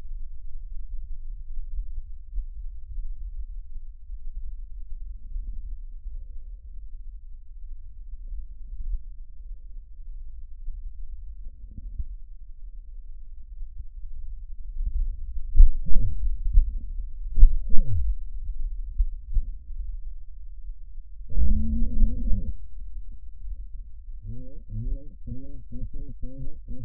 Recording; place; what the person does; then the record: lung sounds by stethoscope; trachea; quiet breathing, then cough and speech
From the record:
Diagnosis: pulmonary infection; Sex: male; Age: 54 years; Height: 187 cm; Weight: 95 kg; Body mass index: 27.2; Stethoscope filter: bell mode